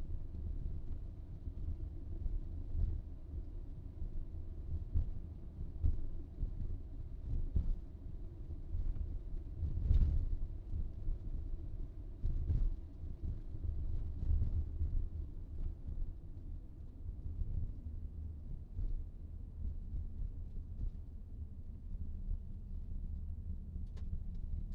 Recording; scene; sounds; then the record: everyday scene through a hearing-aid microphone; in a vehicle; engine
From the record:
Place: VW T5 Caravelle, diesel engine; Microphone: in the ear canal, right